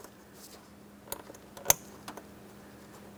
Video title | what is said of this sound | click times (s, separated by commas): How to Replace Vapor Canister Purge Solenoid Valve 2008-2016 Chrysler Town & Country | Here we are. Audible clicks from both of those. | 1.1 s, 1.7 s